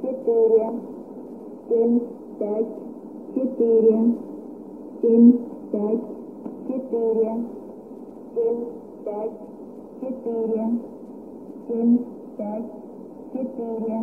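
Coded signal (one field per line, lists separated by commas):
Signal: numbers station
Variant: S06s Russian Lady, Russian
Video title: 09 01 2018 Numbers station S06s Russian Lady in Russian to Eu 1110 on 5975 unknown tx site in CUSB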